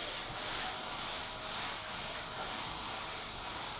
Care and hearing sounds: daily activity, microphone in the room; vacuum cleaning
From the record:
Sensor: 5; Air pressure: 1010.3 hPa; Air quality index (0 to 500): 120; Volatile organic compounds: 2 ppm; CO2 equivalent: 1180 ppm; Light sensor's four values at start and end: 493/1255/521/579 and 494/1256/521/579

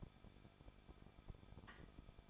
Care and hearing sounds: daily activity, microphone in the room; no activity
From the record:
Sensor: 5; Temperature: 20.8 degrees Celsius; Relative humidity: 38.5%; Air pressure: 1006.5 hPa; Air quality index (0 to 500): 191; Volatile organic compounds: 20 ppm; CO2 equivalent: 2701 ppm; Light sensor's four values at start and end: 2/3/1/1 and 2/3/1/1

